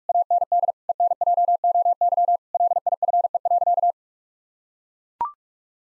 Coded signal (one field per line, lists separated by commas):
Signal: Morse code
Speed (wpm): 41 wpm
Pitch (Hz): 700 Hz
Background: none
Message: AND ENJOY LIFE.